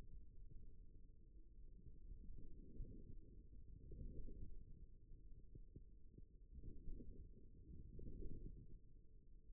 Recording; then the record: forearm muscle sounds (acoustic myography)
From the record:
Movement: forearm supination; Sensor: system 1, eight BSWA MPA416 microphones around the upper forearm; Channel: 3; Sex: male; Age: 41 years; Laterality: right